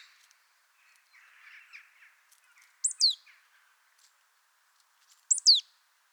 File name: Poecile palustris